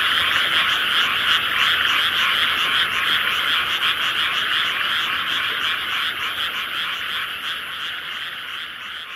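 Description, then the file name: Frogs: frog chorus of countless overlapping croaks, a rapid steady pulsing that fades somewhat in loudness toward the end. "various frogs"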